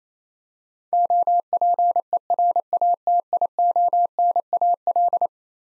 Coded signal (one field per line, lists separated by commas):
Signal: Morse code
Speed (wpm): 28 wpm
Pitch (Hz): 700 Hz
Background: none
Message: OPERATIONAL